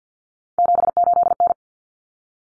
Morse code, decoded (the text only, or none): 78N